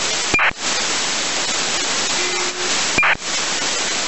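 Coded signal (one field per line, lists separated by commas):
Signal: ACARS aircraft data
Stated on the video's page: VHF ACARS on 131.25 MHz received with an RTL-SDR V3 dongle, direct sampling off.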